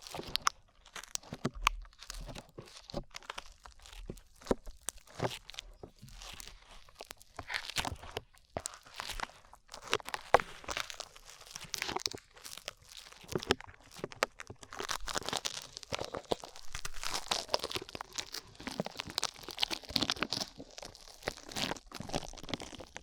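Slime being squished and stretched, with a steady run of sticky crackles, pops and crinkly snaps throughout. The sounds are dense and bright, with sharper bursts scattered irregularly. After about fifteen seconds they thicken into a wetter, busier stretch.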